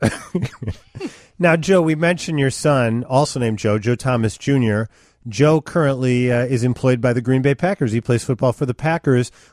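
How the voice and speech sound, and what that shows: A man speaks in a clear, fluent interview voice with moderate pitch variation and natural pauses between phrases. Articulation is crisp, with no repeats, blocks or slurring. This is ordinary adult male speech.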